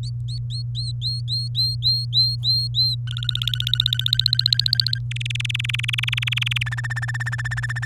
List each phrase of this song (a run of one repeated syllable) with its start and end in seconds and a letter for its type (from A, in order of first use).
0.03-2.95 A, 3.07-4.99 B, 5.11-6.63 C, 6.66-7.85 D